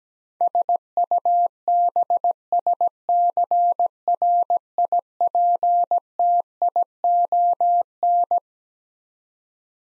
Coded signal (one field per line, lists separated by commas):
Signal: Morse code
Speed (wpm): 17 wpm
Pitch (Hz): 700 Hz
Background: none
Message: SUBSCRIPTION